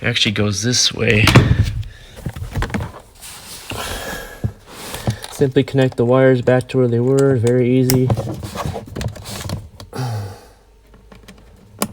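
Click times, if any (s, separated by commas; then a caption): 11.8 s. Someone talks while wire harness connectors are reconnected by hand into the Tesla Model 3 overhead console light and speaker module, with small handling taps and knocks. A sharp click at 11.8 s marks the connectors seating back into place.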